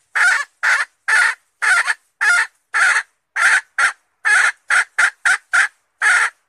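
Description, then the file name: Red junglefowl hen cackling: a series of short, harsh notes in an uneven rhythm, some spaced widely and others in quick bursts. Hen calling to find a mate. "tieng ga rung mai keu tim kiem ban tinh"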